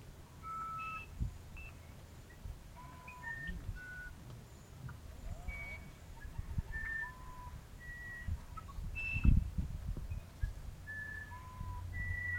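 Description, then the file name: Musician wren song of many pure whistled notes at varied pitches, delivered in an unhurried melodic sequence, with a few dull thumps and low background rumble. "uirapuru"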